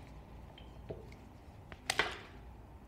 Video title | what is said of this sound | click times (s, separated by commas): Огляд та тюнінг FLARM F4 #flarm #flarmf4 #zsu #orkovnet #зсу | не тримається антапка | none